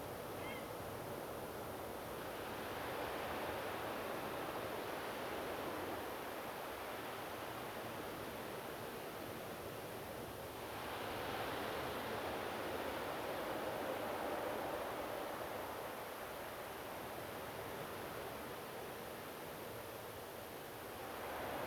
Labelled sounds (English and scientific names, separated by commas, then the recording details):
Grey Heron (Ardea cinerea)
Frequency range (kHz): Grey Heron (Ardea cinerea) 2.0-3.3 kHz
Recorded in France